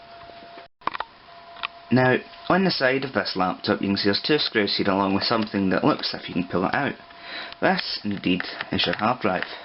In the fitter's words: and the middle until you hear all click and when you press on it later you